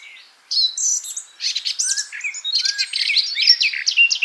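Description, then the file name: Eurasian blackcap giving a rapid jumble of high chirps, trills and short whistled slurs after a brief quiet start. "Sylvia atricapilla"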